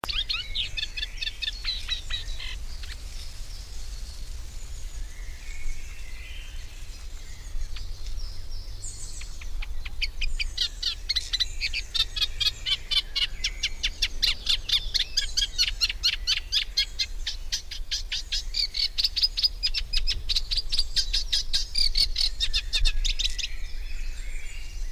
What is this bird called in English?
Eurasian Reed Warbler